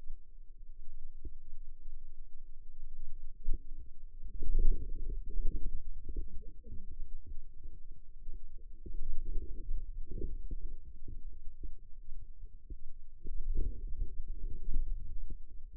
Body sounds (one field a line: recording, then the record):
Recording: forearm muscle sounds (acoustic myography)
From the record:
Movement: radial deviation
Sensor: system 2, bracelet of six BSWA MPA416 microphones around the upper forearm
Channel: 5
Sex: female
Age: 21 years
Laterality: right